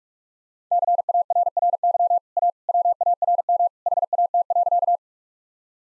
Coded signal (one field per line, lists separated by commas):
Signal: Morse code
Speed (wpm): 45 wpm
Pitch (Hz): 700 Hz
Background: none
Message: CARRY A WARM HAT.